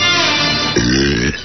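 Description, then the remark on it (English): A loud, drawn-out belch lasting over a second, rough and throaty, dropping to a deeper, buzzing rumble partway through before trailing off. No talking. “That's why I belch and fart all day.”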